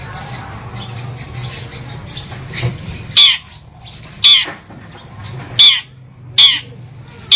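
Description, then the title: Long-tailed shrike calls: sharp scratchy high notes repeated roughly once a second over a low background hum, after a few seconds of faint chatter. "Audio Cendet Pentet"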